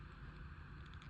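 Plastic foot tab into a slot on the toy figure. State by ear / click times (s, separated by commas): not seated / none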